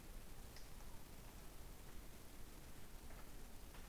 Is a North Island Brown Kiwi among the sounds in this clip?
no